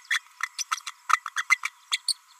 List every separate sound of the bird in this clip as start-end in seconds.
0.10-0.20, 0.58-0.64, 0.71-0.76, 0.86-0.91, 1.12-1.20, 1.27-1.30, 1.36-1.45, 1.50-1.58, 1.65-1.70, 1.91-1.97, 2.07-2.14